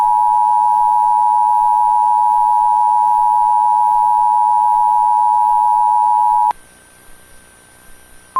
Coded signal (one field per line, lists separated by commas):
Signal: Emergency Alert System (SAME) tones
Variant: 853 and 960 Hz attention tone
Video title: EAS Scenario - Second 9/11 (9/11/2031)